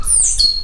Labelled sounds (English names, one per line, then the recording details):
Stitchbird song
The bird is a male
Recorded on Tiritiri Matangi Island, New Zealand, in 2005
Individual 20, of nest box 28